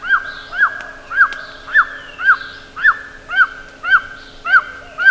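Bird giving evenly spaced short, arched calls about twice a second, accompanied by quieter higher-pitched calls and a constant low hum.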